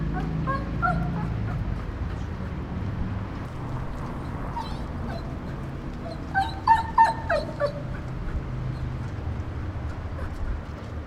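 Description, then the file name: Domestic dog giving a few faint whimpers early, then a short burst of high, tonal whines midway, against steady low-pitched background rumble. "Whining Dog"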